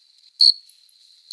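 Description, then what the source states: Cricket chirping: one loud shrill chirp, then another starting at the end, over a thin steady trill. Singing cricket, recorded close up.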